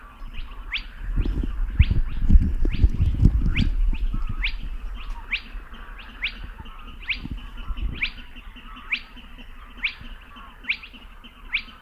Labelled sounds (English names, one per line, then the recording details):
Spotted Crake song
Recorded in the wild
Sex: male
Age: adult
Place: Kützerhof, Kummerower See, Mecklenburg-Vorpommern, DE
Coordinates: 53.8358, 12.8492
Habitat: wetland
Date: 2009-05-04 21:56
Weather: heiter, fast windstill, 6°C
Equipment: Sound Devices 702, Sennheiser MKH 70, Rycote Windschutz
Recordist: Frommolt, Karl-Heinz